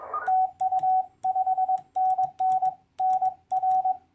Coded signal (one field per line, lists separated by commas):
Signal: Morse code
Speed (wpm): 27 wpm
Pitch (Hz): 750 Hz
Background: radio noise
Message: TU 5NN NR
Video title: EFHW Real World SHTF Antennas - Test Results - DX Contacts in the 2020 CQ WW WPX CW Contest